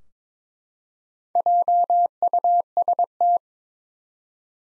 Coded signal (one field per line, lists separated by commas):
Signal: Morse code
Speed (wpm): 22 wpm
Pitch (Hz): 700 Hz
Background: none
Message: JUST